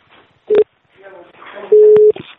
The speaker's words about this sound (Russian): У меня раздался телефонный звонок, вы мне звоните.